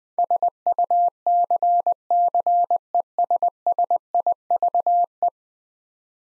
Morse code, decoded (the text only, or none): SUCCESSIVE